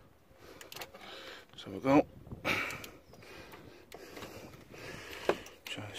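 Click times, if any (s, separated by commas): 5.3 s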